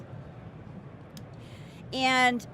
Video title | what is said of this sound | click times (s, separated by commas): Toy Trend Expert at CES 2015 | oops Parts come on and off they click into place | 1.2 s